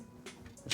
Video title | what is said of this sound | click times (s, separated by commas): Lian Li Lancool 207 Gaming & Stream PC Build! First Hands on this Case! | slides forward locks in place | 0.7 s